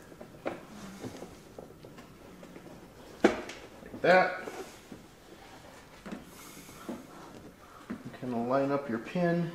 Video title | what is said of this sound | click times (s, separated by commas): Mk1 Audi TT Drift Build **Episode TWO!** | there's a little alignment pin here and this just snaps right into into here like | 3.2 s